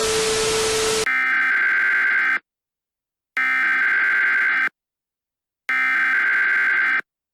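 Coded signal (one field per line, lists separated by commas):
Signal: Emergency Alert System (SAME) tones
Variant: header bursts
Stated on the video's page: Fictional analog-horror EAS scenario.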